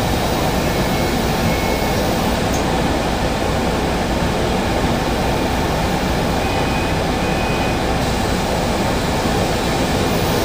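Inside a bus travelling through the city, a steady low engine rumble and road roar fill the whole ten seconds at an even level. Faint higher tones drift in briefly around two and seven seconds over the constant hiss of the ride.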